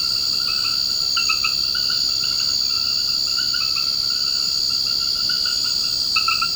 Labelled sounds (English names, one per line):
none